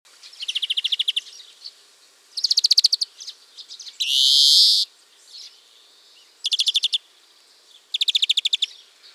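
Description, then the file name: European greenfinch giving rapid rattling trills in short bursts, with one drawn-out buzzy wheeze between them. "Chloris chloris"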